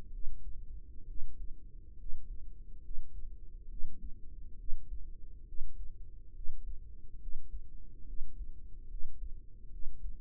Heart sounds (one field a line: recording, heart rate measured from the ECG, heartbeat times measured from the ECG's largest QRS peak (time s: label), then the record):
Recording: heart sounds by microphone in the right ear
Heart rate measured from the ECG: 69 bpm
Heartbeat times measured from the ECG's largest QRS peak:
0.10 s: heartbeat
1.05 s: heartbeat
1.96 s: heartbeat
2.80 s: heartbeat
3.67 s: heartbeat
4.56 s: heartbeat
5.44 s: heartbeat
6.32 s: heartbeat
7.18 s: heartbeat
8.04 s: heartbeat
8.87 s: heartbeat
9.69 s: heartbeat
From the record:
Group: healthy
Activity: rest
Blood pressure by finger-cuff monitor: 111/55 mmHg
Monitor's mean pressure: 70 mmHg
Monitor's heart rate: 68 bpm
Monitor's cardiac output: 5.8 L/min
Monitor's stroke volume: 86 mL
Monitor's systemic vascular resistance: 870 dyn s/cm5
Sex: female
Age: 32 years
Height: 168 cm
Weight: 61.9 kg